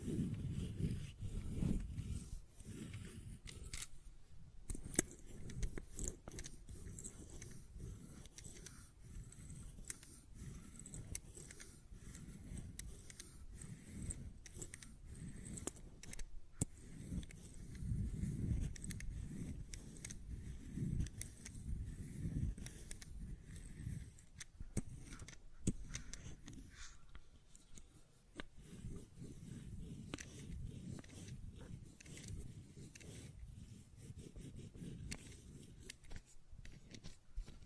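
Fidget cube tapping and clicking continues throughout, with dense, irregular clicks and small scrapes packed closely together. A low rumbling handling noise runs underneath, swelling around 2, 18 and 33 seconds, while sharp isolated clicks stand out near 5, 16 and 27 seconds.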